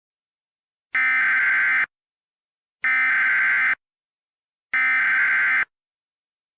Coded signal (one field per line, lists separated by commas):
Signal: Emergency Alert System (SAME) tones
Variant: header bursts